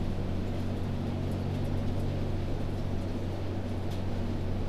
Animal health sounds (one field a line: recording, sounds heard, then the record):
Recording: poultry house recording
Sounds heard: no chicken sound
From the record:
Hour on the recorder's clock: 1